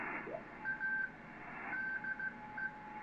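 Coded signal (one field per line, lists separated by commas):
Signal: Morse code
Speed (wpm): 16 wpm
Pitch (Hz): 1550 Hz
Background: radio noise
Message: A DE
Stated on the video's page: Morse heard while checking the HF bands during poor conditions, few stations.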